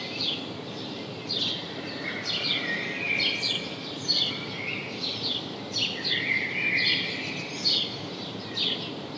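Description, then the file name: House sparrow chirps scattered in loose clusters over steady background noise. "Passer domesticus"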